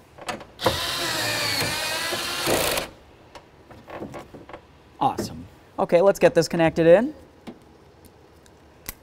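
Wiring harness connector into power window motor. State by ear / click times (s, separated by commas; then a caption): seated / 8.9 s. The wiring harness connector is pushed onto the new power window motor inside the door of a 1999–2007 Chevy Silverado during a front window regulator replacement. A broad noisy burst runs from about 0.7 to 2.8 s, someone talks, and soft handling taps follow. The connector clicks in with a sharp snap at 8.9 s and is seated.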